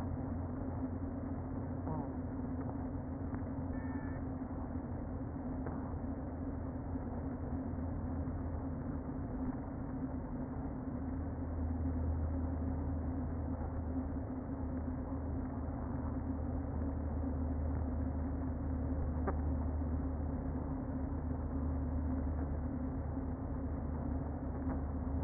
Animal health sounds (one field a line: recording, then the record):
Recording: honeybee colony, microphone inside the hive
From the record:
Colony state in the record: queen present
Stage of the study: before two queens were removed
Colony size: about 60,000 bees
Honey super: yes